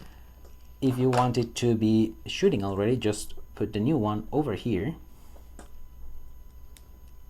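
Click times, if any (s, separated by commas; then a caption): 6.8 s. A plastic bullet-belt piece is fitted onto an action figure's toy machine gun while someone talks. After the speech a soft tap is heard at 5.6 s, then a sharp, short snap at 6.8 s as the ammo belt seats into position.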